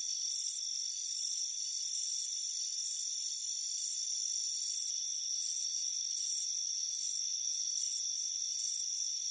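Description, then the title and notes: Crickets producing high trilled chirps in regular bursts, some louder than others, over an unbroken thin buzzing background. "Soothing Crickets Chirping Sound. It's a warm afternoon as you relax in a hammock on the front porch. Relax and fall asleep to the soothing sound of chirping crickets. Deep Sleep Sounds"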